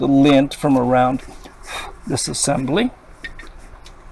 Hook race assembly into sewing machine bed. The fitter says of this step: clips up and makes it nice loud click sound when it's locked in place very good